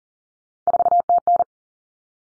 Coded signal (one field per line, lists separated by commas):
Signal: Morse code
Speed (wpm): 40 wpm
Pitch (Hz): 700 Hz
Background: none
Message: 4TN